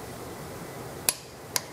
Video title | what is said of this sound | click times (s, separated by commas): How to use a Torque Wrench | now listen for the click hear it | 1.1 s